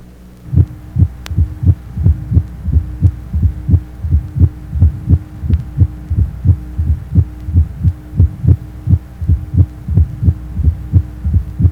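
Heart by stethoscope at the mitral area of a 52-year-old with left ventricular failure. A fourth heart sound gives a presystolic triple rhythm or gallop, at about 88 beats per minute.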